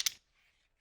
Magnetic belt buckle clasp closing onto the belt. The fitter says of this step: The magnetic clasp clicks with this perfect, satisfying snap.